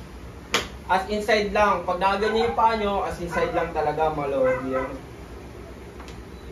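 A shoe cleat is released from a clipless bicycle pedal as the rider twists the heel sideways, giving a sharp click at 0.5 s. Someone then talks over the rest of the clip.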